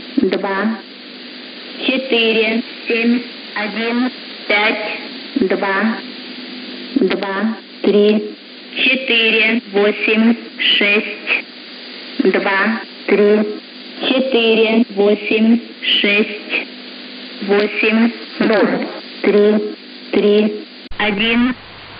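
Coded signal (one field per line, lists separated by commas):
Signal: numbers station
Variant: S06s, Russian female voice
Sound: woman's voice reading short evenly spaced words, likely numbers, over radio hiss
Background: radio static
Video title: 21 01 2022 Number station S06s Russian Lady in Russian to Eu 0840 on 12153 unknown tx site in CUSB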